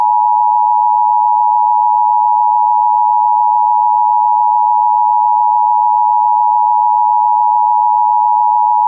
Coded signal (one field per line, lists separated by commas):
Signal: Emergency Alert System (SAME) tones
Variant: 853 and 960 Hz attention tone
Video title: Premiere #2: EAS Videos (MAYBE VALID TONES)